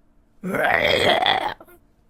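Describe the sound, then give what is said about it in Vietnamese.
A single drawn-out, guttural roar of pain from a beast whose throat and head have been pierced by a sharp fang, lasting about a second, rough and throaty with a slight rising pitch, loud against near silence before and after. “Chúng một nát đâm chí mạng, rốt cuộc là kiếm sĩ cơ hồ gầm lên một tiếng đau đớn rồi co quắp mà ngã xuống.”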